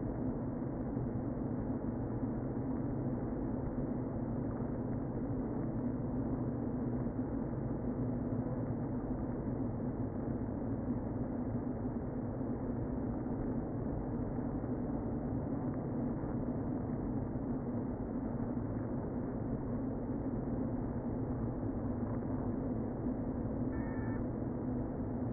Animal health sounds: honeybee colony, microphone inside the hive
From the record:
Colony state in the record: queen present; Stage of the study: before two queens were removed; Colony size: about 60,000 bees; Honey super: yes

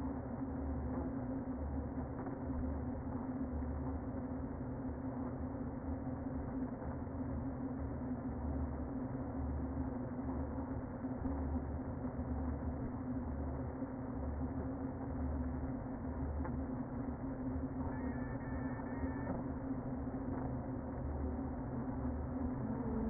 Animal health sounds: honeybee colony, microphone inside the hive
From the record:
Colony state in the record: queen present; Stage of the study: before two queens were removed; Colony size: about 60,000 bees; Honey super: yes

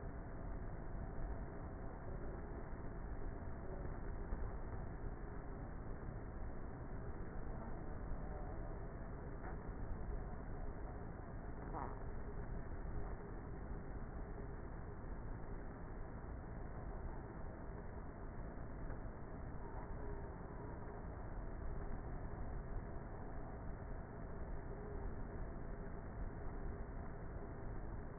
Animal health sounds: honeybee colony, microphone inside the hive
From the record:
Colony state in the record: queenless with a low population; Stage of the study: before two queens were removed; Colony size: about 30,000 bees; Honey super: no

